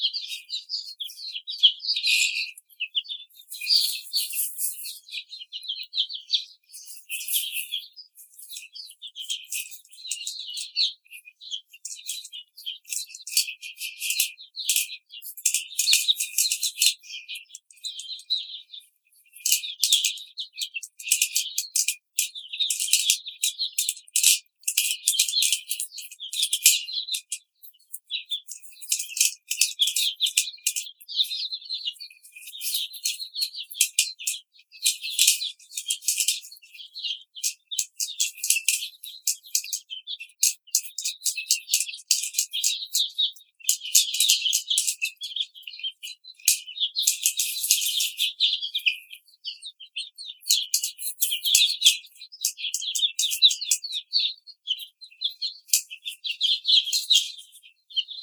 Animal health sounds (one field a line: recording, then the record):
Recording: young laying hens in a cage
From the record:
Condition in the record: treatment cage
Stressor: simulated dog barking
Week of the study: 5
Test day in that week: 1